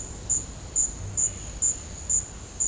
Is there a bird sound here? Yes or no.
no